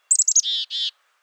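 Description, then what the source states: Chickadee call: four quick, very high clipped notes, then two longer buzzy, harmonic notes, all within a second, followed by silence. The call that first drew an 11-year-old to birds; it sounded so happy to him. Many chickadees seen in his backyard.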